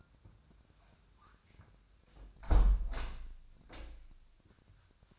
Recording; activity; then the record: daily activity, microphone in the room; close window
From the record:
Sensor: 2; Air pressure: 1006.3 hPa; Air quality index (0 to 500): 192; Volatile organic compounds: 12 ppm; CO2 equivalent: 2337 ppm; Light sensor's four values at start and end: 9/21/9/9 and 8/20/8/9